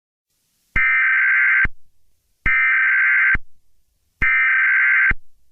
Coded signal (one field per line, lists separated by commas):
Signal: Emergency Alert System (SAME) tones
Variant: header bursts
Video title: EAS analog horror